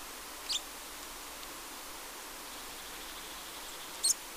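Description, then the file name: Eurasian blue tit giving two short, very high, thin call notes, spaced about three and a half seconds apart, over faint steady background hiss. "Cyanistes caeruleus"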